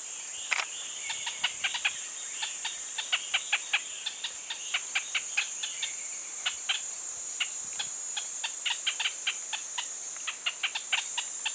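Pinto's spinetail calls in quick clusters of sharp, clipped notes, repeated throughout over a steady high insect drone.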